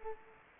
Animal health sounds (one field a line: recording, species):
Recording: mosquito wingbeat signal from an infrared sensor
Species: Culex pipiens